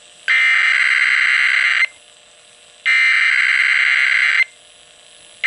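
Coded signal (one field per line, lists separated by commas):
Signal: Emergency Alert System (SAME) tones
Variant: header bursts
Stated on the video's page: Required weekly test EAS tones aired on KDKA.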